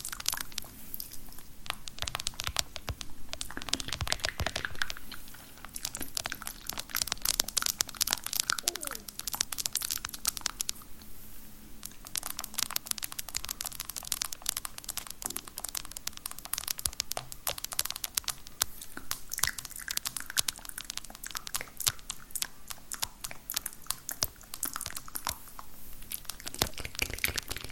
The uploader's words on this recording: ASMR Girl With Long Nails Spit Paints You With Random Objects.